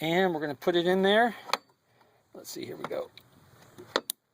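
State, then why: Seated. During an air strut replacement on a Lexus LS430, an electrical connector is pushed into its socket on the air suspension strut while someone talks. Two sharp clicks are heard at 4.0 s and 4.1 s as the connector snaps in and seats.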